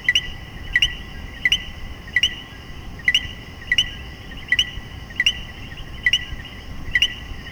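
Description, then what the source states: Common coquí: rapid series of about ten common coquí calls, each a crisp low 'co' followed by a rising 'qui', over an even background chorus. In Puerto Rico.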